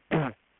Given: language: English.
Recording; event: throat vibration sensor signal played as sound; throat clearing